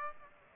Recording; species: mosquito wingbeat signal from an infrared sensor; Aedes aegypti